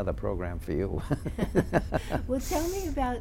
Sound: they laugh

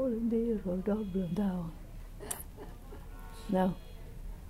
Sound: laughs

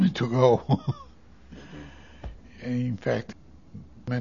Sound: he laughs

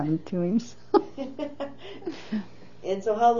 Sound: laughs

